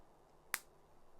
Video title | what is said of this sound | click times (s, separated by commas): #fridaysews 21 Lindz H2O2GO Bag - Pattern Review 0605 | You hear that little snap? Now, that is in place. | 0.5 s